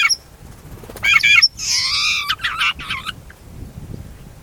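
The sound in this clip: Shrike uttering a burst of rasping, scratchy squawks in quick succession, with a few shorter grating notes trailing off.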